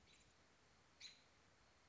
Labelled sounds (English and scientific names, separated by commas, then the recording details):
American Robin (Turdus migratorius)
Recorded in Sonoma County, California